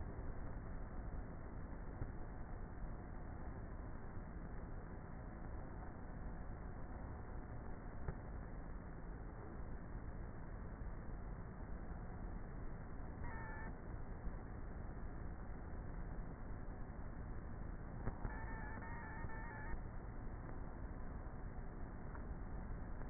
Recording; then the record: honeybee colony, microphone inside the hive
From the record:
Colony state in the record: queenless with a low population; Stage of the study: before two queens were removed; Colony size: about 30,000 bees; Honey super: no